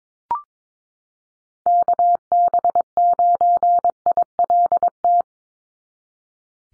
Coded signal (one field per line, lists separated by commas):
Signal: Morse code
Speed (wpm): 22 wpm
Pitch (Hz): 700 Hz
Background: none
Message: KB9ILT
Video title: NA SOTA Chaser Callsigns 22wpm